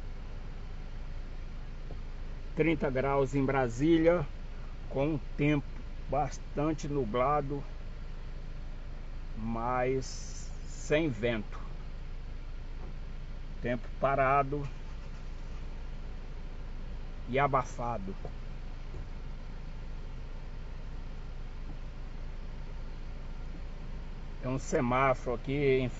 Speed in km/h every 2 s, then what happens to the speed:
0, 0, 0, 0, 0, 0, 0, 0, 0, 0, 0, 0, 0.
0-26 standing.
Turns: none.